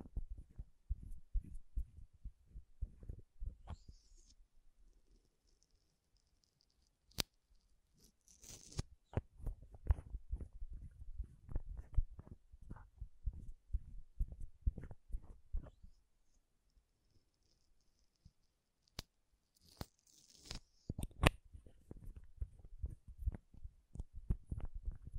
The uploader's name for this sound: MAKEUP TAPPING & SCRATCHING